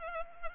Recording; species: mosquito wingbeat signal from an infrared sensor; Anopheles arabiensis